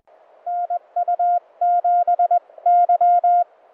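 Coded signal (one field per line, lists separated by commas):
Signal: Morse code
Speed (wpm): 20 wpm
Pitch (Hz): 2800 Hz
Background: none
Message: NU7Y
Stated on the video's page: Summit activation on a peak at Pinnacles, W6/SC-262.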